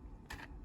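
The plastic brick cab section of a Lego Star Wars AT-TE walker (set 75337) is pulled off the walker's body, and the connection lets go with a small, sharp click at 0.3 s. The click is a brief bright burst over a low, steady background hum. The cab section comes free.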